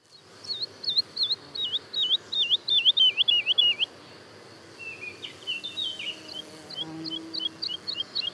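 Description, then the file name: Woodlark singing a fast run of repeated looping notes that grow louder, then a quieter, more varied stretch of scattered notes. Daytime song and duet recorded at Le Puech, France. "alouette lulu chant de jour et duett Le Puech F"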